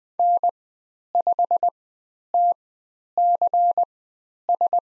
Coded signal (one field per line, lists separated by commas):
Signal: Morse code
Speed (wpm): 20 wpm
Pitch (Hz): 700 Hz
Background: none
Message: N5TCS